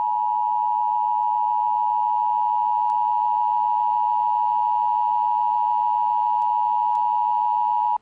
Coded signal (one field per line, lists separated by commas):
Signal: Emergency Alert System (SAME) tones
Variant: 853 and 960 Hz attention tone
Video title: Real Tornado Emergency Alert | Van Buren, Missouri | 3-14-2025 | EAS Mock